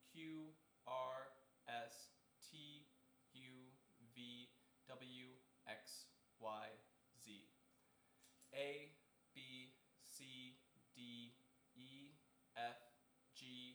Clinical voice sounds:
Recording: letters of the alphabet, spoken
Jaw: free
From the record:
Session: seven days later

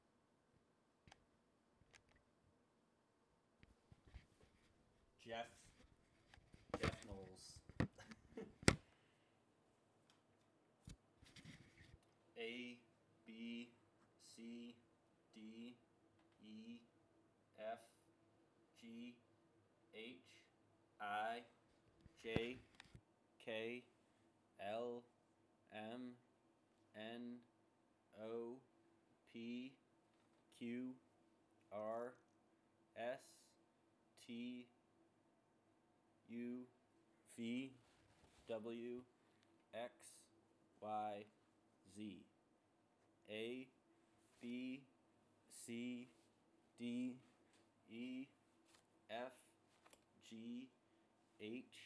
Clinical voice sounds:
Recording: letters of the alphabet, spoken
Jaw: free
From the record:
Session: seven days later

